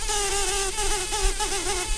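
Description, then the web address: Brown-banded carder bee buzzing, a steady droning hum with slightly wavering pitch throughout, with a faint low background rumble. Queens. "Humilis queens"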